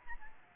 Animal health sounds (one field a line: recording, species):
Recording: mosquito wingbeat signal from an infrared sensor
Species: Aedes albopictus